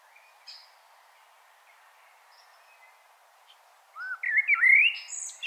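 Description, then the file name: Blackbird song: mostly quiet with a few faint notes, then one loud mellow warbled phrase with high twittering at the end. "Turdus merula"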